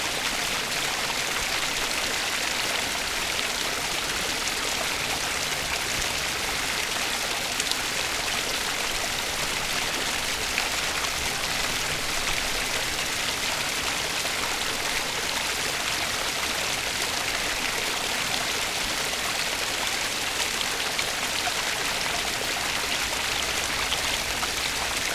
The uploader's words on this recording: Sleep Sounds: Laying by the Stream Water Sounds.